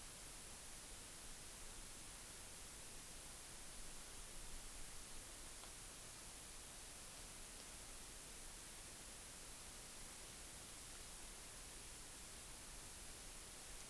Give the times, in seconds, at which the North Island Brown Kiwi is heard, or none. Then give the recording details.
none. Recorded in New Zealand on 16 June 2014. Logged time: 03:08